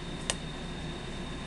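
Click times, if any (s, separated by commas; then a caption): 0.3 s. The lid of a small thrift-store case, bought for $1.99 to be used as a cigarette holder, closes onto its body, and its catch snaps shut with one sharp, bright click at 0.3 s. A steady low hum and a faint high tone run underneath throughout, and the lid is shut and latched.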